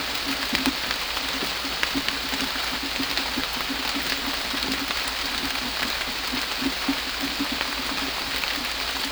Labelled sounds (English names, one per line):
none